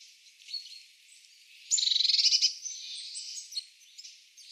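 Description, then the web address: Eurasian blue tit calls: soft high notes, then a fast run of about a dozen bright pulses that settles into a buzzy churr before fading. "cianscape. Deverinetal"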